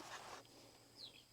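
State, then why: Not seated. A spring clamp on the upper plastic air filter housing of a 2007 Ford Edge 3.5L is handled as the housing is being clamped onto the lower housing. A broad rustling scrape fills the first 0.4 s, followed by a low steady hum and a faint high chirping tone around 1.0 to 1.2 s. The clamp has not snapped shut yet, and nothing has seated or clicked.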